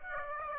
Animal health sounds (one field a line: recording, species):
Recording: mosquito wingbeat signal from an infrared sensor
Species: Aedes aegypti